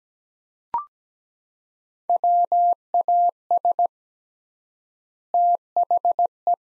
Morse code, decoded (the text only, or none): WAS THE